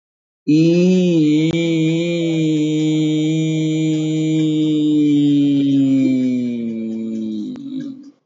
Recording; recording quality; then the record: sustained vowel as in beet; excellent, no background noise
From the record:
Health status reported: COVID-19 positive, mild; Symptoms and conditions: cough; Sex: male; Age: 23 years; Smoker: yes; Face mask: not worn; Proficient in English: no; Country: India